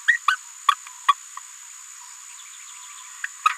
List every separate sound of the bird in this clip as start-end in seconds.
0.08-0.18, 0.28-0.36, 0.68-0.71, 1.08-1.13, 3.24-3.26, 3.45-3.49